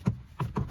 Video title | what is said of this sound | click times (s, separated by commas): Rear Window Switch Replacement On 7th Gen Maxima | just have it sit over and then push down and you hear it click in place | 0.4 s, 0.6 s